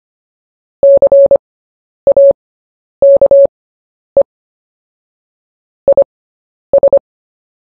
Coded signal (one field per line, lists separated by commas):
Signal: Morse code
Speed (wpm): 25 wpm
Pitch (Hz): 560 Hz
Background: none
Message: CAKE IS